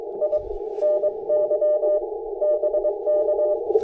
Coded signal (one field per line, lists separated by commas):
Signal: Morse code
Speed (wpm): 20 wpm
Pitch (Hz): 590 Hz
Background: none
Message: I NY BK